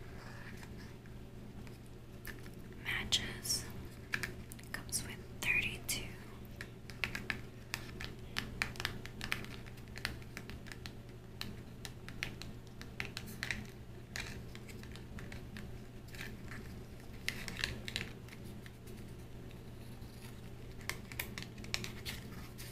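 Quick, irregular tapping and small crackling clicks run through the whole stretch, bunching into busier bursts around 3–6 and 17–19 seconds. A steady low hum sits underneath throughout, and a couple of faint brief chirps rise near the five-second mark.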